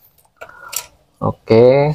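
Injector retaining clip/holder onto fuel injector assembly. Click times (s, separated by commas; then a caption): 0.8 s. An injector retaining clip is fitted at its locking point on the fuel injector assembly of a Toyota Vios, during a fix for a car that stalls and won't start. Small clicks and scrapes lead to a sharp click at 0.8 s as the clip seats home, then someone talks.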